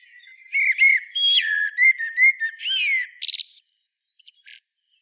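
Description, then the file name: Common blackbird song, a rich, fluted whistled phrase of rising and falling notes, ending in a quick, scratchy high twitter and then quiet. "Turdus merula"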